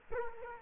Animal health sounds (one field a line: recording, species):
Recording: mosquito wingbeat signal from an infrared sensor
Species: Culex quinquefasciatus